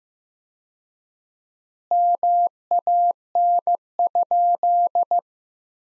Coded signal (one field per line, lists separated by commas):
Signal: Morse code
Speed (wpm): 15 wpm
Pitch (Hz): 700 Hz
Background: none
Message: MAN?